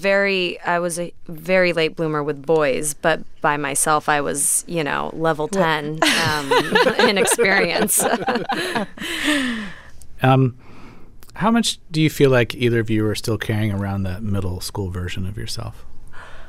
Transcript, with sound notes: I was a very late bloomer with boys, but by myself I was, you know, level 10...
(LAUGHTER)
...In experience.
How much do you feel like either of you are still carrying around the middle school version of yourself?